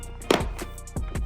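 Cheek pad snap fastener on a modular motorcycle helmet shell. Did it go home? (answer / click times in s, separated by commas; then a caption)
released / 0.3 s. A cheek pad is pulled off the press snap fasteners on a modular motorcycle helmet shell to remove it, and the first of its three snaps comes apart with a sharp pop at 0.3 s, releasing it. Softer knocks follow under a steady low background tone.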